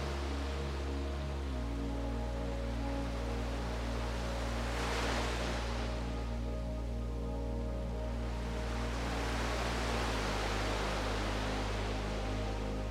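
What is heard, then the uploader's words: Soft waves wash in around five and ten seconds, swelling in brightness over a steady low drone of sustained tones that shift chords twice. RELAXING Music & Sound of WAVES. Gentle blend of soothing melodies and the natural sound of ocean waves.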